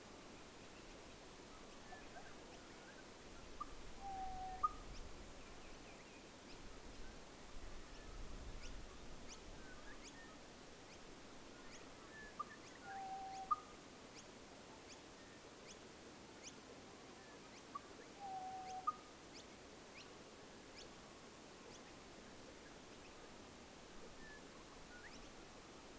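A night recording with a steady, low hiss throughout and many brief, sharp high clicks and ticks scattered across the clip, likely bats and insects. A short chirping call repeats about every five seconds, near 5, 13 and 19 seconds.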